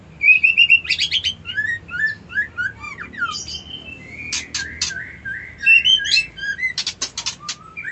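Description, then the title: White-eye song: continuous high warbling of sliding whistled notes and rapid twitters, broken by sharp clicking bursts. Song style called ngerol ngalas. "Suara Burung Pleci Ngerol Ngalas Mantap"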